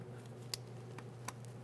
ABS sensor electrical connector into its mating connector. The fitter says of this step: press that in listen for a click give it a little tug